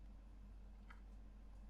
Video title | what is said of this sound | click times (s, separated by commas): Nintendo Switch 2 Release Day Unboxing | But yeah, it does snap in place. | 0.9 s